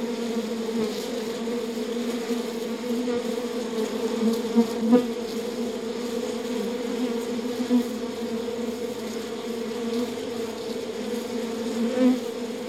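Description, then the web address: Bee buzzing: a dense, steady hum of many bees droning continuously, with occasional louder individual bees passing briefly. Bees at a beehive. "bees beehive animal insect"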